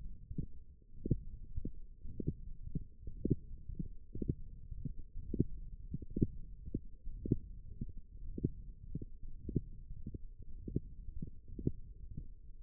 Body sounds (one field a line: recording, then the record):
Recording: forearm muscle sounds (acoustic myography)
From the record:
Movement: wrist extension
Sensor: system 1, eight BSWA MPA416 microphones around the upper forearm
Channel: 4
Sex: male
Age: 23 years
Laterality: right